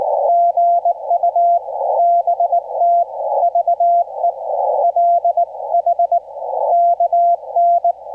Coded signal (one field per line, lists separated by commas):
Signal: Morse code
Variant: Korean alphabet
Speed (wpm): 19 wpm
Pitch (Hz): 690 Hz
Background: none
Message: 시 더 라 구 요